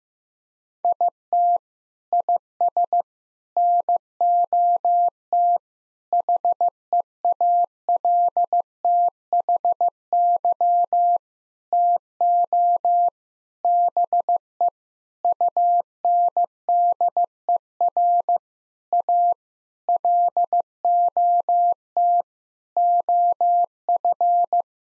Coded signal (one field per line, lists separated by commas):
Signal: Morse code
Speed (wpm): 15 wpm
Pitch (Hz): 700 Hz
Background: none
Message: IT IS NOT HEALTHY TO BE UNDER A LOT OF